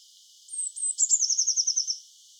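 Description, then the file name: Eurasian blue tit song: two thin, very high drawn-out notes followed by a fast, slightly falling trill of bright notes, lasting roughly one and a half seconds. "Cyanistes caeruleus"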